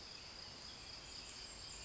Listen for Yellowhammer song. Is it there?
no